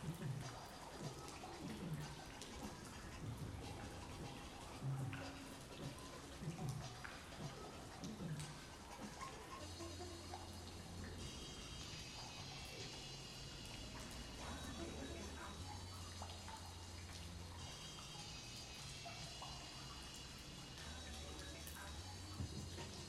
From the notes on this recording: sounds of under the bridge just a bit up from the pirate club on the Regent's Canal, and some music